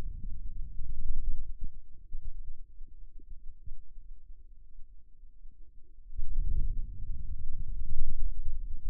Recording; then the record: forearm muscle sounds (acoustic myography)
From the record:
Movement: ulnar deviation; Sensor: system 2, bracelet of six BSWA MPA416 microphones around the upper forearm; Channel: 3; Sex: male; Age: 22 years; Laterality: right